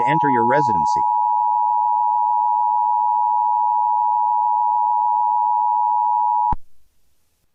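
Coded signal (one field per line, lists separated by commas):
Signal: Emergency Alert System (SAME) tones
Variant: 853 and 960 Hz attention tone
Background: speech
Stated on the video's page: Fictional EAS scenario based on SCP-001, a horror recreation.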